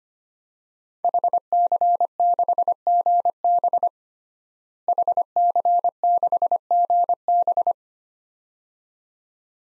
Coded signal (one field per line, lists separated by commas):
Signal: Morse code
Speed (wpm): 25 wpm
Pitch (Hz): 700 Hz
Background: none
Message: HC6GB HC6GB